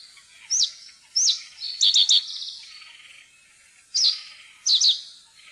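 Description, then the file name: Common reed bunting song: short high sharp notes followed by a quick buzzy triple phrase, repeated in brief bursts with pauses between. "sivspurv"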